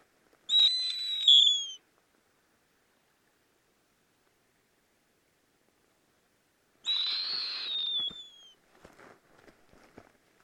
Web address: snowy owl sound